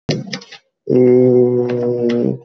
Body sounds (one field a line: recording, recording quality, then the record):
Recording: sustained vowel as in made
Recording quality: excellent, no background noise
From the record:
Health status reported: exposed to COVID-19, no respiratory illness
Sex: male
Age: 26 years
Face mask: not worn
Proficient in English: yes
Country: India